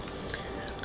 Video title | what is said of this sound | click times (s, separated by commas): ✨ FRIGIDAIRE DRYER ANNOYING BEEP - FIXED ✨ | and then kind of press it shut till it clicks | 0.3 s